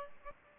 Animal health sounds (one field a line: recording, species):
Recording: mosquito wingbeat signal from an infrared sensor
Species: Aedes albopictus